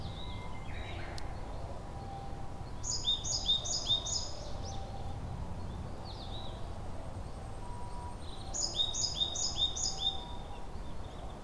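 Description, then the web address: Japanese tit song with bright, high two-note phrases repeated in short fast bursts, given twice with a long gap, over a low hum. Recorded at Kotori no Mori on 2 May 2015. "kotorinomori kotori shijukara"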